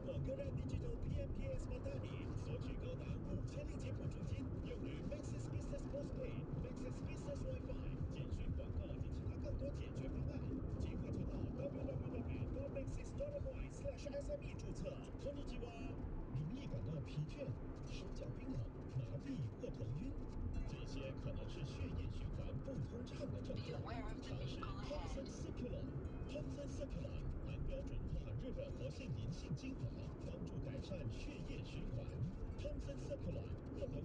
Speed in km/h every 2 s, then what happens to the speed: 78, 79, 80, 81, 83, 82, 85, 88, 89, 89, 88, 85, 85, 81, 81, 82, 82.
0-15 speeds up to 89. 15-26 slows to 81. 26-34 steady at about 81.